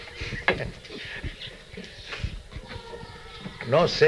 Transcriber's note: gurukula children in background